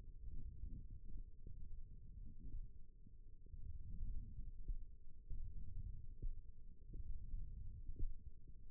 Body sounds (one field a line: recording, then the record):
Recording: forearm muscle sounds (acoustic myography)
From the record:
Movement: index flexion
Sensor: system 1, eight BSWA MPA416 microphones around the upper forearm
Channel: 2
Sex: female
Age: 21 years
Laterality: right